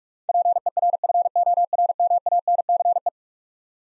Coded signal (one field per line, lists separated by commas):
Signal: Morse code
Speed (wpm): 46 wpm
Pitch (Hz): 700 Hz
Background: none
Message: PERFORMANCE